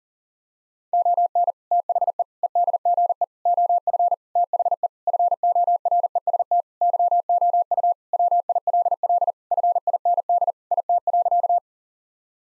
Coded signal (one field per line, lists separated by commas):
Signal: Morse code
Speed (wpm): 40 wpm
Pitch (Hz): 700 Hz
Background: none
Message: ON THE EDGE OF THE FOREST YOU WILL FIND IT.